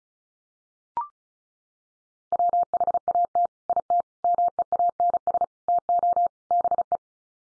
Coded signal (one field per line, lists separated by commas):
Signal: Morse code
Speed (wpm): 34 wpm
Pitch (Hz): 700 Hz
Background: none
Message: WHAT IT MEANS TO BE